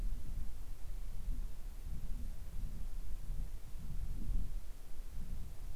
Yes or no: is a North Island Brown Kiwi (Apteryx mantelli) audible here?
no